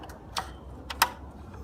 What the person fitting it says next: Just pops right in,